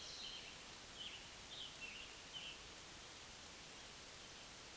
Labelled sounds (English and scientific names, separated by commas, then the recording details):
Scarlet Tanager (Piranga olivacea) song
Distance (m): 130 m
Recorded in a Pennsylvania forest on 1 June 2023 at 08:08
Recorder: AudioMoth, point grid3_20_high
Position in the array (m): 164 m, 141 m